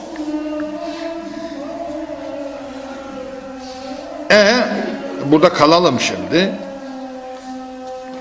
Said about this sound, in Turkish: Ezan bitti.